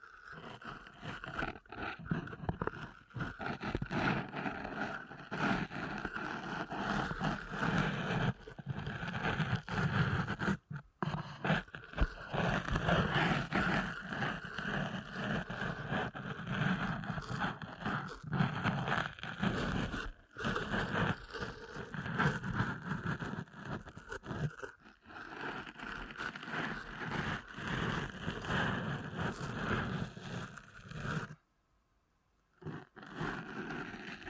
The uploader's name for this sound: ASMR Deep Ear Canal Massage